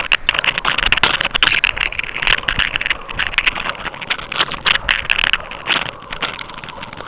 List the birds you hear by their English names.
Lapland Longspur